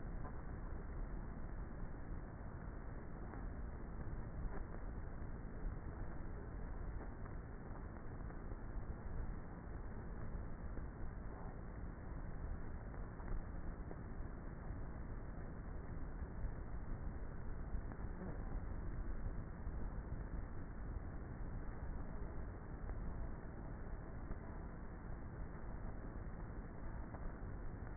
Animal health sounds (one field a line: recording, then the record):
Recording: honeybee colony, microphone inside the hive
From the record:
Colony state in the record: queenless with a low population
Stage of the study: before two queens were removed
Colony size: about 30,000 bees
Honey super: no